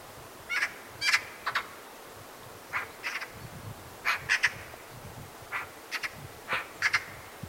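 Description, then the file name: Eurasian magpie harsh chatter, short rasping notes in twos and threes spread throughout, over a steady hiss. "Pica pica"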